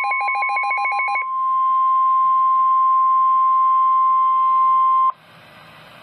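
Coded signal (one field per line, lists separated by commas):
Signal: Emergency Alert System (SAME) tones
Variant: 1050 Hz attention tone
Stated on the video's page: Special Marine Warning EAS tones recorded on an HTC Evo 4G phone.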